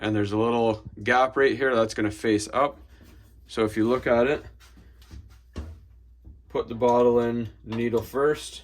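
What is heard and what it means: A metal butane canister is lined up with its notch facing up before going into the canister holder of a portable stove, while someone talks. Two brief, faint knocks of handling are heard around 5.0 s and 5.6 s. The canister has not seated or clicked into place yet.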